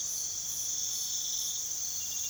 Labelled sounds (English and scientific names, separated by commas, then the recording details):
none
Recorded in pastures near Puerto Asís, Putumayo, Colombia, on 21 March 2025 at 04:00
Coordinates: 0.487, -76.322
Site G077